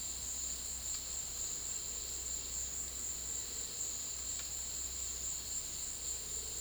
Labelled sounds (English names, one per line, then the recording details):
none
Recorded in secondary vegetation near Puerto Asís, Putumayo, Colombia, on 19 February 2024 at 14:00
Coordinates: 0.481, -76.323
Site G6376